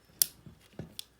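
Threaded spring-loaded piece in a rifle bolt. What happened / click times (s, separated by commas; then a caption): A threaded steel piece clicks into detent positions as it turns / 0.2 s, 1.0 s. A threaded, spring-loaded steel piece in a Ross 1905 MkII rifle bolt is unthreaded by hand against spring pressure. It gives sharp metallic clicks at 0.2 s and 1.0 s as it drops into its detent positions, with softer knocks in between and a faint tick near 1.2 s. Each click marks the piece seating into its next location.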